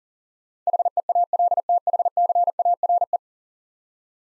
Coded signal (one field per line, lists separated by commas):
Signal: Morse code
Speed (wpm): 41 wpm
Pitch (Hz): 700 Hz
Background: none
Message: HEALTHCARE